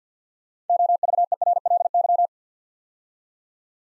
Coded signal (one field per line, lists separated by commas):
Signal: Morse code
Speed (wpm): 50 wpm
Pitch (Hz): 700 Hz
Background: none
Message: OVERLY